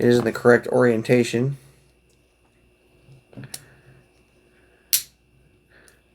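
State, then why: Seated. Someone talks, then a plastic spring base is pressed onto the large end of a PSA Dagger Compact magazine spring. A few faint handling ticks come around 3.3–3.5 s before the base snaps into place with a sharp, loud click at 4.9 s, seating it on the spring.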